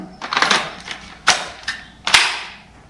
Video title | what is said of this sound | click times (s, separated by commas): Battery Powered Trimmer Review - Black & Decker LSTE525 | and it clicks into place | 2.1 s